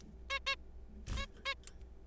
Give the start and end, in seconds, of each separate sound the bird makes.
0.30-0.39, 0.47-0.55, 1.17-1.26, 1.46-1.54